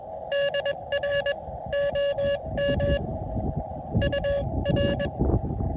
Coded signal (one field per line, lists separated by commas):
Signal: Morse code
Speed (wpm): 21 wpm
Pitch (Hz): 590 Hz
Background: none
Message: DR OM UR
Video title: KD2YDN activates W2/EH-003. SOTA/POTA QRP. 1 pt, a lot of DX.